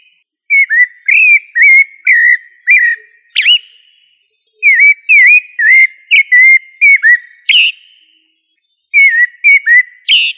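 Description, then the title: Thrush song in several bursts of rapid, repeated slurred whistles of similar pitch, with a sharper rising note near the end of the runs. "Familia Turdidae - Sabia"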